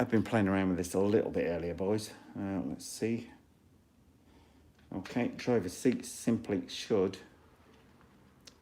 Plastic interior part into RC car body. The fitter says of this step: says and of course snap in place in there and